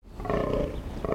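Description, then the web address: Fallow deer groaning: one continuous low, rough, throaty call. Male. "wildtiere bayern damhirsch maennchen"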